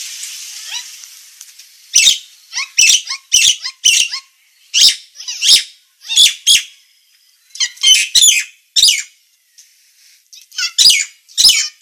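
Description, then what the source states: Nias hill myna song of rasping, explosive notes and clipped whistles in an irregular string, with a faint hiss at the start. Bird in full, active song (gacor), described as loud and noisy.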